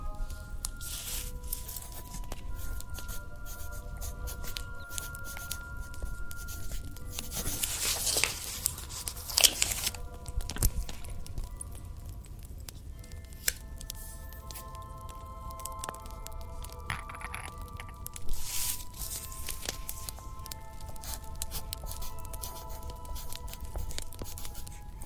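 Soft tapping, scratching and tracing sounds continue throughout, dry and crisp with frequent small clicks. Brighter rustling swells come around 8 and 18 seconds, and a sharp tap lands near 13 seconds. Faint steady tones hum underneath the whole time.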